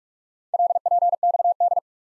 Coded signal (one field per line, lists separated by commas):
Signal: Morse code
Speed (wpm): 44 wpm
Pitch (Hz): 700 Hz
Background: none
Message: LPXD